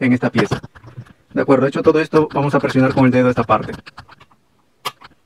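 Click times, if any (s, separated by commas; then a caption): 4.9 s. A plastic tab on the housing part of a FLUKE 863/865/867/867B oscilloscope is pressed into the instrument case after the rubber keypad has been tucked into the piece. Someone talks through most of the clip. A sharp click at 4.9 s marks the tab snapping and seating into the housing.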